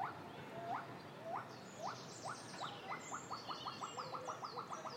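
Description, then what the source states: Pileated gibbon call: rising whooping notes that speed up into a fast, steady run of short upslurs, with other higher-pitched calls behind. A pair calling in the distance, recorded on an iPhone.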